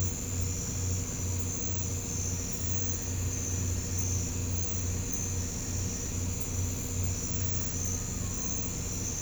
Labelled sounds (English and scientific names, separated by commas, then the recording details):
none
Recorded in pastures near Puerto Asís, Putumayo, Colombia, on 21 December 2024 at 03:30
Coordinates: 0.505, -76.324
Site G063